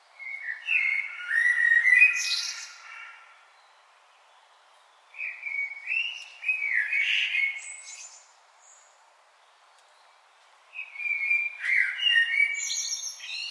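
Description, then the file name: Common blackbird singing three flutelike phrases a few seconds apart, each a low mellow warble ending in sharp, high twittering notes. "Turdus merula"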